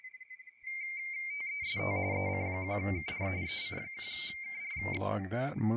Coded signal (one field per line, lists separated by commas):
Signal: RTTY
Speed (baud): 45.45 baud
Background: speech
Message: TEST EC1KR EC1KR